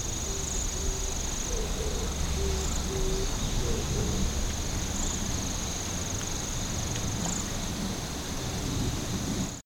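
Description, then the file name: Insect song: a sustained thin high tone with occasional short flickers. A softer low pulsing sound and a steady low rumble are also present. "singing of insect"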